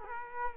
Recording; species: mosquito wingbeat signal from an infrared sensor; Culex quinquefasciatus